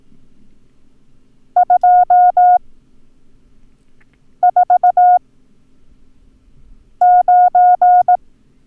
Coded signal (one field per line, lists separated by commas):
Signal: Morse code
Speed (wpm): 18 wpm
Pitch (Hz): 720 Hz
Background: none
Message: 249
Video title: Learn Morse Code - Numbers - Lesson 3